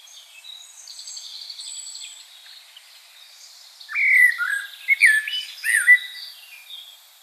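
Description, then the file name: Common blackbird song: after faint high twittering, a clear phrase of fluty, slurred warbled notes ends in thin squeaks. "Turdus merula"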